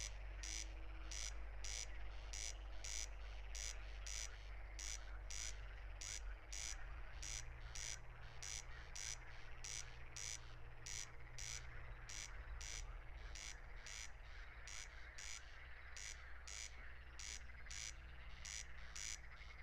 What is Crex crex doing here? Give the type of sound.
song